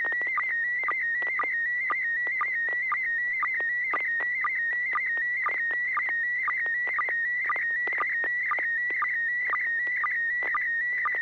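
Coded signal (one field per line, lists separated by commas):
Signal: SSTV (slow-scan television)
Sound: steady warbling high tone with quick regular low blips about twice a second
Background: low hum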